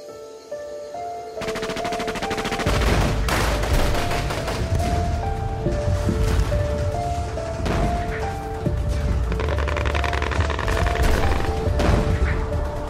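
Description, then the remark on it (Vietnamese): Gunfire suddenly erupts after a quiet opening from the direction of outpost C1, early morning around 4:30–5 a.m. on 7 December 1978, with rapid, dense volleys of shots and heavy booms of mortar fire continuing loudly, while a low sustained musical tone runs underneath. “Sáng sớm ngày 7 tháng 12 năm 1978, khoảng 4 giờ rưỡi 5 giờ, tiếng súng bỗng nổ rộ bên hướng chốt C1.”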